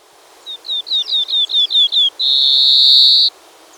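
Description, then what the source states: Plain-colored seedeater song: about eight short descending chirps in quick succession, ending in one long, steady, buzzy whistle. Recorded in Ecuador.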